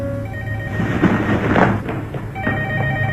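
telephone ringing

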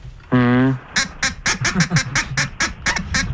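duck quacking

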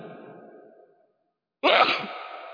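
sneeze

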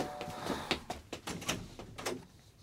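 front door being opened

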